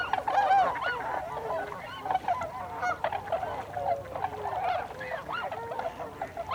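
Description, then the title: Tundra swans in a busy chorus of overlapping whooping calls. Several tundra swans, recorded on 26 December 2020. "2020-12-26-Tundra-Swans"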